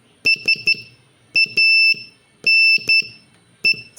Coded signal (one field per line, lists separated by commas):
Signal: Morse code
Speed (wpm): 12 wpm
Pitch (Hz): 2650 Hz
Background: none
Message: SANE